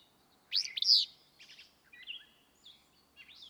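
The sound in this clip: Willow Flycatcher delivers a quick, rough two-part phrase, then softer high twitters over a light hiss of background noise.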